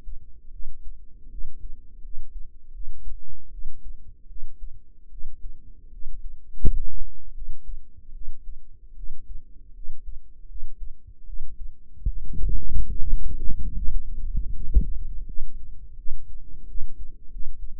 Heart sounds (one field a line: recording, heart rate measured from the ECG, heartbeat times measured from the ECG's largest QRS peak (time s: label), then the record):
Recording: heart sounds by microphone in the right ear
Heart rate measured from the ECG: 79 bpm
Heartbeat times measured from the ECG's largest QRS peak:
0.51 s: heartbeat
1.30 s: heartbeat
2.02 s: heartbeat
2.72 s: heartbeat
3.50 s: heartbeat
4.27 s: heartbeat
5.09 s: heartbeat
5.90 s: heartbeat
6.59 s: heartbeat
7.33 s: heartbeat
8.12 s: heartbeat
8.95 s: heartbeat
9.73 s: heartbeat
10.47 s: heartbeat
11.25 s: heartbeat
12.05 s: heartbeat
12.88 s: heartbeat
13.74 s: heartbeat
14.51 s: heartbeat
15.25 s: heartbeat
15.95 s: heartbeat
16.66 s: heartbeat
17.30 s: heartbeat
From the record:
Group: healthy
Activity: rest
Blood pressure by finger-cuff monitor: 115/77 mmHg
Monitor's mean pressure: 91 mmHg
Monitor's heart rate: 78 bpm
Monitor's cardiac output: 6 L/min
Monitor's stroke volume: 78 mL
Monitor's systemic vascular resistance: 1110 dyn s/cm5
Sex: female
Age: 22 years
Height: 160 cm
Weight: 45 kg